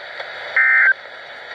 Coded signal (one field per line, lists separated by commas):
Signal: Emergency Alert System (SAME) tones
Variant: end-of-message bursts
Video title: EMBRACING CHANGE... | EAS Alerts from October 2020 (EAS #700!-753)